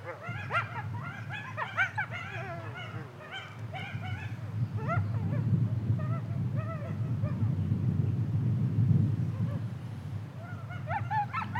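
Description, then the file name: Coyotes yipping in a group, bursts of high, bending yelps and quavering cries over the first five seconds, thinning later and returning near the end, over a steady low rumble. "yell Coyotes"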